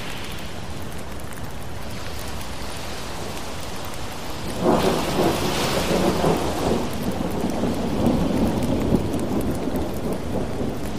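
Steady dense rain hisses throughout, and near the five-second mark a low rolling thunder swells in, rumbling heavily before easing toward the end.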